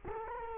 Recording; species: mosquito wingbeat signal from an infrared sensor; Culex quinquefasciatus